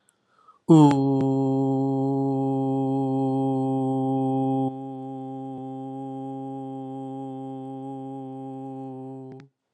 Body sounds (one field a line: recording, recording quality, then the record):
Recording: sustained vowel as in boot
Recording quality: excellent, no background noise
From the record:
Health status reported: healthy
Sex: male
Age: 50 years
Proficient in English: yes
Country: United States